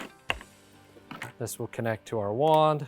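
A Riccar R25 Clean Air Premium Pet upright vacuum has one end of its plastic hose clipped into its port on the vacuum body, and the end seats with a sharp click at 0.3 s. Someone talks over the rest of the clip.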